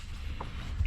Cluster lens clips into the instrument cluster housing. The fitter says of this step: everything lock into place guys